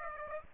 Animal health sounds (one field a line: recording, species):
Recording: mosquito wingbeat signal from an infrared sensor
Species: Aedes aegypti